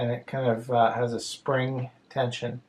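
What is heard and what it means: A memory card is handled at the spring-loaded slot of a home monitoring camera while someone talks throughout. Nothing has seated or clicked yet.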